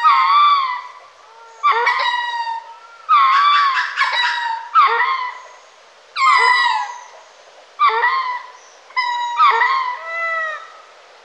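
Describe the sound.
Lemur wailing calls, bending harmonic moans in repeated bouts, each starting sharply and fading.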